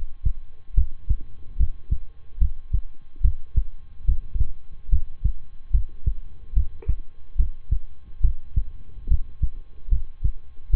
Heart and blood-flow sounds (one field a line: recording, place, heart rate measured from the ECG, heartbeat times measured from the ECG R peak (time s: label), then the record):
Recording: heart sounds by stethoscope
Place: between the tricuspid and mitral areas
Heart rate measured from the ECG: 72 bpm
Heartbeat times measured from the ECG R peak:
0.74 s: heartbeat
1.56 s: heartbeat
2.38 s: heartbeat
3.21 s: heartbeat
4.05 s: heartbeat
4.89 s: heartbeat
5.71 s: heartbeat
6.53 s: heartbeat
7.36 s: heartbeat
8.20 s: heartbeat
9.07 s: heartbeat
9.88 s: heartbeat
10.70 s: heartbeat
From the record:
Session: rest, lying down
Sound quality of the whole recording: good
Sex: male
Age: 23 years